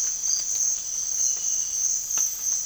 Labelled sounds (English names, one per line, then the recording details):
none
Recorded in dense forest near Puerto Asís, Putumayo, Colombia, on 20 December 2024 at 04:30
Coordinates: 0.481, -76.323
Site G100